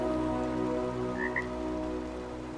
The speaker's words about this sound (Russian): Он оборачивается на кваканье. На краю обрыва сидит лягушка.